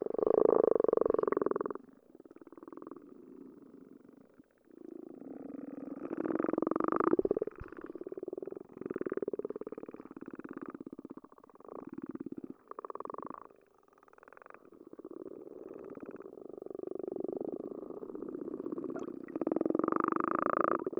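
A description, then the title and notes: Frogs call underwater in a nearly continuous run of low, throaty, purring trills that swell and break off every second or two. The loudest bursts come at the start, around seven seconds, and again near the end, with brief quiet gaps between. Hydrophone Recording of Frogs.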